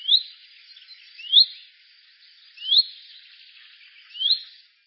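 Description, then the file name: Common chaffinch calls: short, thin rising whistles, four of them spaced roughly every second and a half, with a faint hiss between. "pinson"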